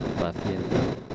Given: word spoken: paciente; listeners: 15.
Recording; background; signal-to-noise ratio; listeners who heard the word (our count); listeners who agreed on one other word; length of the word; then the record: one Spanish word in noise, from a listening test; noise modulated by three-talker babble; -5.5 dB; 1 of 15; 9 of 15; 0.75 s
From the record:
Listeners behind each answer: 9, 3, 1, 1, 1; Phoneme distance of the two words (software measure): 27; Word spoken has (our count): 3 syllables, 8 phonemes, stress on syllable 2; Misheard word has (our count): 3 syllables, 9 phonemes, stress on syllable 2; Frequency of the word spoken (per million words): 91.01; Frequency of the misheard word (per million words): 23.84